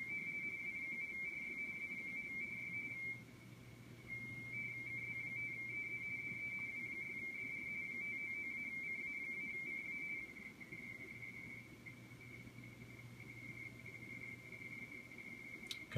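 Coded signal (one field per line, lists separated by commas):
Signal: RTTY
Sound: rapid warbling two-tone chatter around 2 kHz, pausing once briefly, then continuing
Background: low hum, radio static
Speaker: me transmitting this is from n9up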